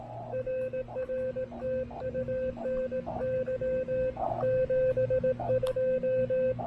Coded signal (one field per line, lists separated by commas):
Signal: Morse code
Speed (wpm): 18 wpm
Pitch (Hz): 520 Hz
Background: radio noise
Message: RR TU NY 72